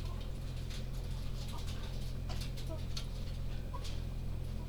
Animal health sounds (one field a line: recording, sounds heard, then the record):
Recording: poultry house recording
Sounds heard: sick chickens (respiratory disease)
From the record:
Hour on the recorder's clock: 21